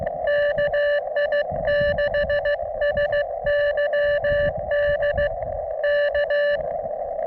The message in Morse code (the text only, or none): KI6SYD K